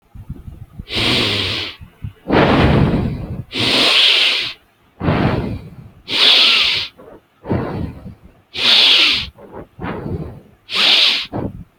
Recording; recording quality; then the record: deep breathing; excellent, no background noise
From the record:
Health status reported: healthy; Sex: male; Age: 22 years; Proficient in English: yes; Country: India